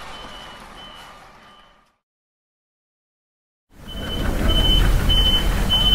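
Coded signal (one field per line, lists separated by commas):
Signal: alarm pattern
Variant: truck reversing beeper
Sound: repeating high steady beeps about every 0.6 seconds over engine rumble, brief silence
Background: truck engine noise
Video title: Truck Back Up Beeper Sound Effects / Various Vehicle Reversing Beeps / Lorry Safety Reverse Beep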